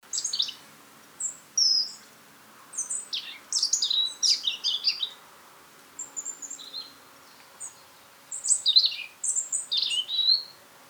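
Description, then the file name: European robin singing almost continuously, high thin phrases of rapid varied notes and trills separated by short gaps. "Erithacus rubecula"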